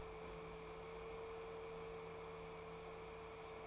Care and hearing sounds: daily activity, microphone in the room; open fridge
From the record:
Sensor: 1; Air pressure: 1014.9 hPa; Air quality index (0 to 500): 191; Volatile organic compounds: 21 ppm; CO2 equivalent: 2710 ppm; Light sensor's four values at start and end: 20/50/21/25 and 29/73/31/38

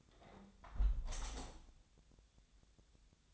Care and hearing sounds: daily activity, microphone in the room; close window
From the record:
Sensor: 3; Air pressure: 1014.9 hPa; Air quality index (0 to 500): 76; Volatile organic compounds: 2 ppm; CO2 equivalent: 1026 ppm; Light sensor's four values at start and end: 9/22/9/9 and 9/22/9/9

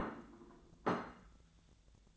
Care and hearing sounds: daily activity, microphone in the room; place plate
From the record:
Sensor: 3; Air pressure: 1000.2 hPa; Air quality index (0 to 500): 139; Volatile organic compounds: 2 ppm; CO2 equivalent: 1231 ppm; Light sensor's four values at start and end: 34/86/36/39 and 34/86/36/39

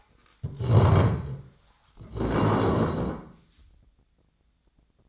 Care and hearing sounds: daily activity, microphone in the room; stand up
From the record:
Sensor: 3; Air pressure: 1012.3 hPa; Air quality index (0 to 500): 173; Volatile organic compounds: 3 ppm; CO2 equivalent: 1328 ppm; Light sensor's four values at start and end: 83/213/92/118 and 73/171/79/90

